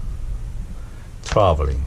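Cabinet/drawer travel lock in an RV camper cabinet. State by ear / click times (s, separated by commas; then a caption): not seated / none. A cabinet or drawer travel lock in an RV camper cabinet is handled inside a travel trailer. Low background rumble runs under it, and near the end someone talks briefly. Nothing has seated or clicked yet.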